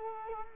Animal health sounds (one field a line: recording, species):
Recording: mosquito wingbeat signal from an infrared sensor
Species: Culex quinquefasciatus